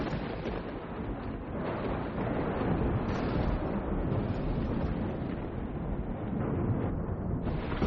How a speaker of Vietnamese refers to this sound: Ngoài trời vẫn mưa tầm tã. Bất thình lình, tiếng sấm nổ đinh tai nhức óc vang lên.